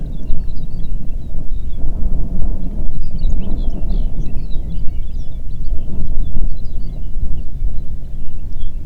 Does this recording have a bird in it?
yes